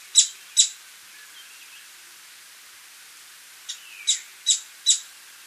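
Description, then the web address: Streak-capped treehunter giving short, sharp, high notes: a pair, then after a pause a run of four evenly spaced clicks over a faint hiss. Recorded in Ecuador. "Natures Songs S America Birds of Ecuador Streak-capped Treehunter"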